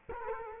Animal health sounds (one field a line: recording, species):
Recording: mosquito wingbeat signal from an infrared sensor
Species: Culex quinquefasciatus